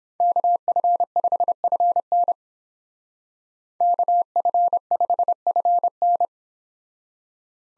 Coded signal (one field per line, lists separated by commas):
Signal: Morse code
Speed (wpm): 29 wpm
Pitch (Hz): 700 Hz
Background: none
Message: KF5FN KF5FN